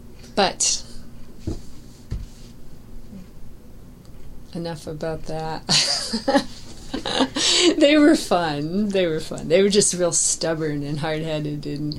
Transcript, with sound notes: But, enough about that. [laughs] They were fun! They were fun. They were just real stubborn and hard headed,